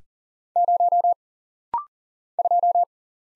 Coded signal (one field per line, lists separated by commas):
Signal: Morse code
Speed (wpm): 39 wpm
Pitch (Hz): 700 Hz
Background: none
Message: 0 2